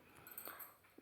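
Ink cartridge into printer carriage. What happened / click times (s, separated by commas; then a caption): The plastic cartridge snapped into its holder / 0.4 s. A plastic ink cartridge for a Canon PIXMA E477 printer is held at a slight tilt and pressed with a thumb into the printer carriage. A soft scrape and press lead to a sharp snap at 0.4 s as the cartridge seats, and the sound marks that it is in. No one talks.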